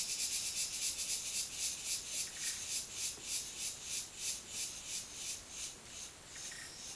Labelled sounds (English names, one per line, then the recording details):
none
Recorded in dense forest near Puerto Asís, Putumayo, Colombia, on 19 February 2024 at 09:30
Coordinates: 0.505, -76.324
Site G6467